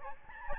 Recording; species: mosquito wingbeat signal from an infrared sensor; Aedes albopictus